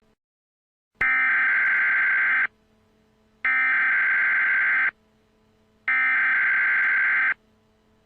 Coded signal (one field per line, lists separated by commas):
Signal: Emergency Alert System (SAME) tones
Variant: header bursts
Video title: Emergency alert system civil danger warning